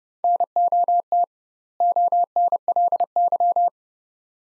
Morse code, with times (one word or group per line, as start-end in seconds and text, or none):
0.2-1.2 NOT
1.8-3.7 ONLY